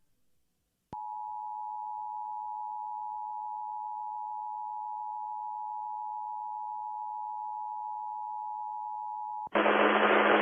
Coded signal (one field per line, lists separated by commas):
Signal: Emergency Alert System (SAME) tones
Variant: 853 and 960 Hz attention tone